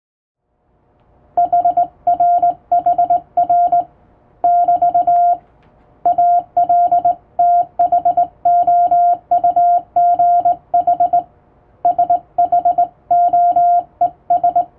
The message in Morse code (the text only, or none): HRHR <BT> ALTHOUGH SHOES